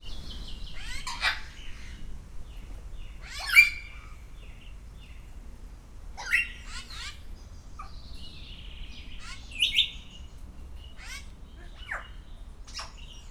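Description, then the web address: Grey parrot giving varied whistles and harsh squawks, scattered irregularly every second or two, over a faint low hum. Captive bird at a zoo in Szeged, recorded in 2011; calls continuously every day. "allathangok 2011 jakopapagaj folyamatosanaprankent"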